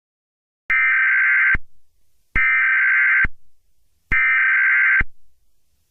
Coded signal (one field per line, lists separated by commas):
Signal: Emergency Alert System (SAME) tones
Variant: header bursts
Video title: Eas mock tornado warning to require weekly test￼￼